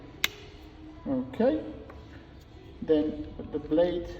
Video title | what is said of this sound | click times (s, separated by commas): Bmw key battery replacement | you put the case back in, slide it back in and click. Okay. | 0.2 s